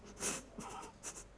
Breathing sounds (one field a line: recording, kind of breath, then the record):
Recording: one breath in and out by a microphone near the nose and mouth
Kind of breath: strong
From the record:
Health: marked as sick, illness not named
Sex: female